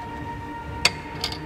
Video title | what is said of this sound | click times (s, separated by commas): The Road Wave Assembly Part 6 Fresh Water Line | feel like the connect kind of snaps into place and | 0.8 s